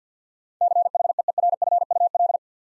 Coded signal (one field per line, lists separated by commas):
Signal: Morse code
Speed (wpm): 48 wpm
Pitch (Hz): 700 Hz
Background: none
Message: CHEERFUL